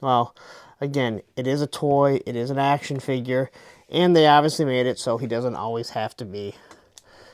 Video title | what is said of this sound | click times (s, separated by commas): GI Joe Classified 2025 Top 10 Figures | Pops right in there. | 7.0 s